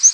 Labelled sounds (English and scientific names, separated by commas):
Northern Waterthrush (Parkesia noveboracensis) flight call